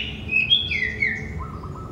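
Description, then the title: Sooty-headed bulbul producing a short liquid whistled phrase that rises then slurs down, with a faint lower trill at the end. "Kutilang"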